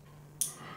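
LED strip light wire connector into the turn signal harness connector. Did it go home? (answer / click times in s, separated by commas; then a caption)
yes / 0.4 s. A left-side Ciro 3D Bat Blades LED strip light connector is plugged into the split turn signal wiring harness inside the Batwing fairing of a Harley. A single sharp click at 0.4 s marks the plastic connector halves locking together, over a steady low hum. The connector is seated.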